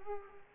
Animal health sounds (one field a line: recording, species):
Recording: mosquito wingbeat signal from an infrared sensor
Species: Culex pipiens